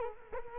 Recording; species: mosquito wingbeat signal from an infrared sensor; Culex quinquefasciatus